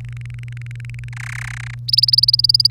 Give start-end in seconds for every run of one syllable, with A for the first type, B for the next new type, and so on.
0.01-1.09 A, 1.13-1.75 B, 1.88-2.71 C